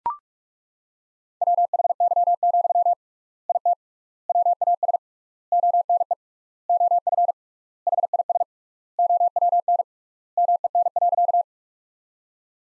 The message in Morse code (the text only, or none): WHY, IT WAS ONE OF HIS OWN MEN.